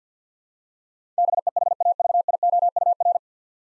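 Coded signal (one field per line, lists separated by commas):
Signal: Morse code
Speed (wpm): 50 wpm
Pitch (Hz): 700 Hz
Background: none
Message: BEHAVIOUR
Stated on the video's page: Morse practice of nine-letter words at 50 wpm, each sent, spoken, then sent again.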